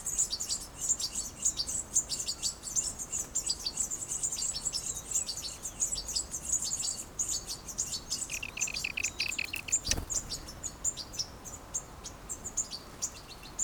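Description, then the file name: European goldfinch twittering with fast high chirps, a lower warbled phrase later on, then a sharp click before sparser calls resume. "Carduelis carduelis"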